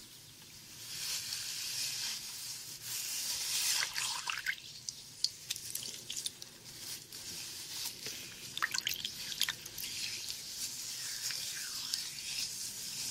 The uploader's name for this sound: First Person Head Spa Hair Wash, Brushing, Oil Ear Massage, Steam Mask